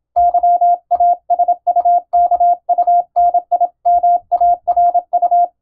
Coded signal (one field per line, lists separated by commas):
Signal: Morse code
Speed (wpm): 27 wpm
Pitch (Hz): 700 Hz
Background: none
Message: YASUKUNIMARU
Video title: 【第１級無線通信士】昭和はラジオでよくモールス符号が聞こえました。船と陸との唯一の通信手段、大変重要な無線通信でした。アマチュア無線の受信トレーニングにどうぞ morse code practice